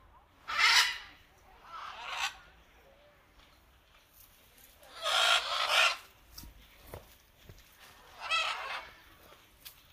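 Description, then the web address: Macaw calls, loud harsh raspy squawks repeated several times, with quieter rough notes between them. Recorded 19 September 2007. "pdsounds 2007 09 19 Aras"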